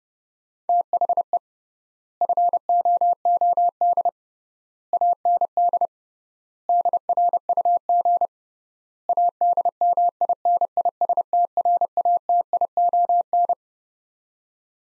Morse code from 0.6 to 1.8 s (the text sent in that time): THE